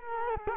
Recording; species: mosquito wingbeat signal from an infrared sensor; Culex quinquefasciatus